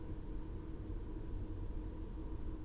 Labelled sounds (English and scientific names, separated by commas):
Great Tit (Parus major)